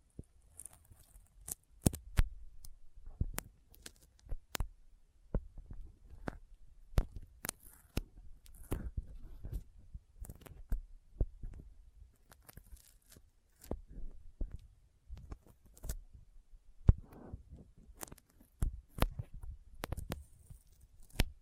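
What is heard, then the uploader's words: Sticky finger sounds, made of sharp clicky smacks and peeling snaps. They come in irregular bursts every half second or so, some louder than others, over a soft low rumble. ASMR Intense Sticky Finger Sounds (No Talking).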